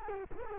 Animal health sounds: mosquito wingbeat signal from an infrared sensor; Culex quinquefasciatus

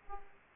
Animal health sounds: mosquito wingbeat signal from an infrared sensor; Aedes aegypti

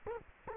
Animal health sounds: mosquito wingbeat signal from an infrared sensor; Culex quinquefasciatus

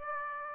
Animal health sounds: mosquito wingbeat signal from an infrared sensor; Aedes aegypti

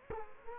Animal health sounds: mosquito wingbeat signal from an infrared sensor; Culex quinquefasciatus

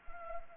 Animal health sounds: mosquito wingbeat signal from an infrared sensor; Anopheles arabiensis

